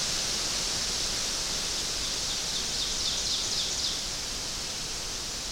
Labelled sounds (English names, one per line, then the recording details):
Ovenbird song
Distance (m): 50 m
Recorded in boreal forest in Alberta, Canada, on 12 June 2016 at 06:03
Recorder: SongMeter 3, array SBT-3-18
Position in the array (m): 229 m, 90 m
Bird 31